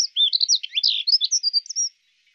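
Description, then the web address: Accentor song, a fast, high, scratchy warble of jumbled notes lasting about two seconds before falling silent. "Zavirushka"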